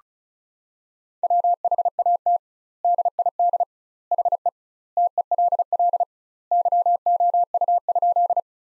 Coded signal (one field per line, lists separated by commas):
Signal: Morse code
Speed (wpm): 34 wpm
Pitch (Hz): 700 Hz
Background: none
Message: WHAT DID HE TELL YOU?